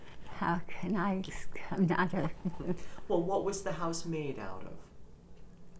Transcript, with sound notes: How can I? I'm not a... (she laughs)
Well, what was the house made out of?